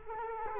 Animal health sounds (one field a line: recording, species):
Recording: mosquito wingbeat signal from an infrared sensor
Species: Culex quinquefasciatus